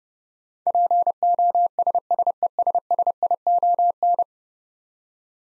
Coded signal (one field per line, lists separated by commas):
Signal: Morse code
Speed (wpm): 32 wpm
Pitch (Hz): 700 Hz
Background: none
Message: POSSESSION